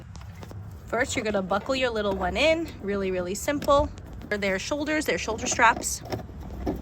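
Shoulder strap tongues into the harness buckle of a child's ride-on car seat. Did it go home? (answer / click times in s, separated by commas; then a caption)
no / none. Someone talks while handling the shoulder-strap tongues of the safety harness on a Dodge Challenger ride-on toy car's child seat, bringing them toward the plastic harness buckle. A few faint ticks come near the start, and a short noise comes at the very end. Nothing has seated or clicked yet when the clip ends.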